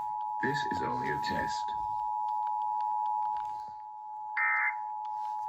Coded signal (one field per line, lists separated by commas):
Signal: Emergency Alert System (SAME) tones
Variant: 853 and 960 Hz attention tone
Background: speech